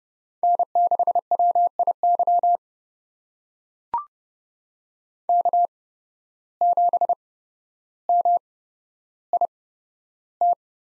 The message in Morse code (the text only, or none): N6WIY K7MIT